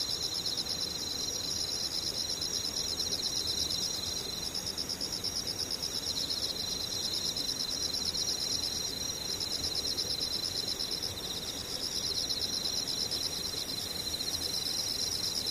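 Insects chirr steadily throughout, a dense, high, continuous trilling in several layered bands with a fast pulsing texture. The level stays even from start to finish, with a soft rumble of noise underneath and no distinct separate events.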